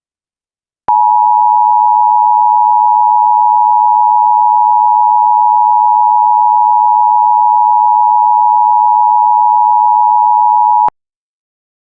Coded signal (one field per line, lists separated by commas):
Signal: Emergency Alert System (SAME) tones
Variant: 853 and 960 Hz attention tone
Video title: Tornado warning EAS for San Diego